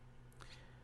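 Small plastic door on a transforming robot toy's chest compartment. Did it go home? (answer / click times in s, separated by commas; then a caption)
yes / 0.3 s, 0.4 s. The small plastic chest-compartment door on a reissued G1 Insecticon transforming robot toy snaps shut after a small Energon piece is put inside. Two faint, short clicks are heard at 0.3 s and 0.4 s over a low steady hum as the door latches closed.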